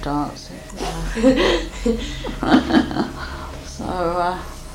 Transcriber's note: laughs